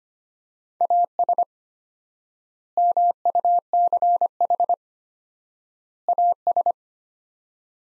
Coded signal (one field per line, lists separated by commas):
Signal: Morse code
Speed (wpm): 25 wpm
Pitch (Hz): 700 Hz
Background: none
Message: AS MUCH AS